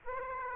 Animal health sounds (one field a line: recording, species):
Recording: mosquito wingbeat signal from an infrared sensor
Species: Aedes aegypti